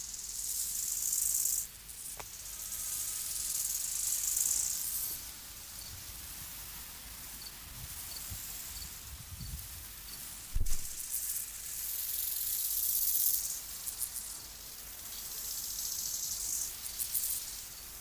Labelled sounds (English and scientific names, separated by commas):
Bow-winged Grasshopper (Chorthippus biguttulus) stridulation